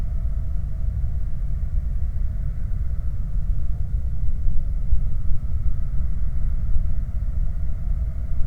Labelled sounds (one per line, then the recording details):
machinery
flare stack
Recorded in the Prudhoe Bay oil fields, Alaska, on 30 July 2019 at 03:07
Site 25